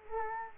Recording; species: mosquito wingbeat signal from an infrared sensor; Culex quinquefasciatus